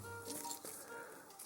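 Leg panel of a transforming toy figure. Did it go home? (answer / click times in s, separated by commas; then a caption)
no / none. Someone pushes the plastic leg panel of an MPM-14 Masterpiece Bonecrusher transforming toy figure, trying to force it into place against steady tonal background music. Light plastic clinks and rubbing are heard, with a brief louder knock at about 1.4 s. The panel resists and nothing has seated or clicked yet.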